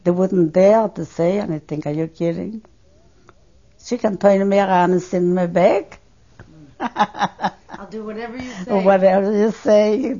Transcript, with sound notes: I wouldn't dare to say anything. Are you kidding? She can turn me around and send me back. (She laughs.)
I'll do whatever you say.
Whatever you say.